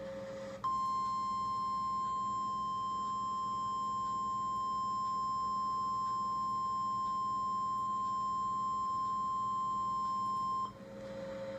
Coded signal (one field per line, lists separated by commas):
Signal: Emergency Alert System (SAME) tones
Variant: 1050 Hz attention tone